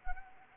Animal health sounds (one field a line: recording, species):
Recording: mosquito wingbeat signal from an infrared sensor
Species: Anopheles arabiensis